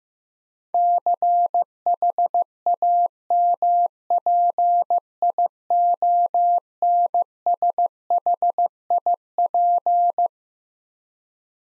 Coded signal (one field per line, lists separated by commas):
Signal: Morse code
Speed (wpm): 15 wpm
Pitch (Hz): 700 Hz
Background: none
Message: CHAMPIONSHIP